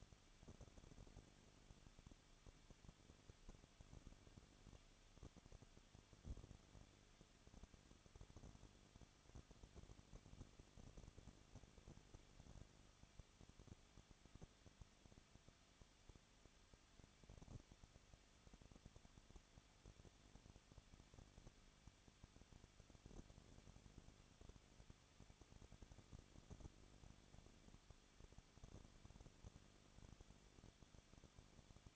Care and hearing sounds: daily activity, microphone in the room; no activity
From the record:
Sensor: 4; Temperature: 23.1 degrees Celsius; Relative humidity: 34.2%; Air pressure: 1007.2 hPa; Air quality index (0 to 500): 214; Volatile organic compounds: 14 ppm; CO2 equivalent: 2472 ppm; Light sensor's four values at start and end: 2/3/1/1 and 2/3/1/1

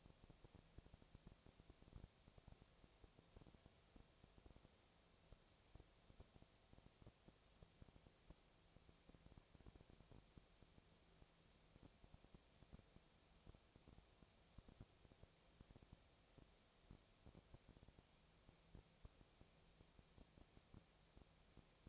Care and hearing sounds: daily activity, microphone in the room; no activity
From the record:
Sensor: 1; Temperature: 19.8 degrees Celsius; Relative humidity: 37.9%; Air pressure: 998.8 hPa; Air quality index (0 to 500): 233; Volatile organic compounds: 133 ppm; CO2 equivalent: 3942 ppm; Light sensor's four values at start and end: 1/2/1/1 and 1/2/1/1

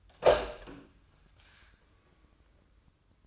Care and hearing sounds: daily activity, microphone in the room; open door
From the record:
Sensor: 2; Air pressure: 1004.8 hPa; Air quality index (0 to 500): 73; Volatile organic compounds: 1 ppm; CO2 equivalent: 871 ppm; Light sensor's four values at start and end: 7/16/6/7 and 7/16/6/7

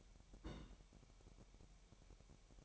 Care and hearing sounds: daily activity, microphone in the room; place on stove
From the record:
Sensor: 1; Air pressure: 1012.1 hPa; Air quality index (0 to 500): 221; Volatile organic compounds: 5 ppm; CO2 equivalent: 1766 ppm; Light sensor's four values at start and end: 65/155/65/67 and 65/155/65/67

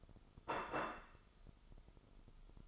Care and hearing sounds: daily activity, microphone in the room; place plate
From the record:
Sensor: 5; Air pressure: 995.4 hPa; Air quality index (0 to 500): 88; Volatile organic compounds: 4 ppm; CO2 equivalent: 1638 ppm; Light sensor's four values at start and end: 24/58/22/21 and 24/58/22/21

